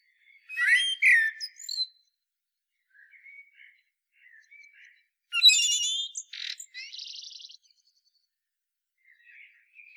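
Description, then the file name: Common blackbird song: a fluty phrase with a twittering finish, quiet warbles, then a louder phrase ending in a thin, high buzzy trill. "Turdus merula"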